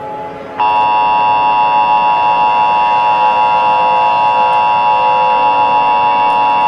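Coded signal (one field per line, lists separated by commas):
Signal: Emergency Alert System (SAME) tones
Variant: 853 and 960 Hz attention tone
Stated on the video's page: Simulated, fictional EAS scenario.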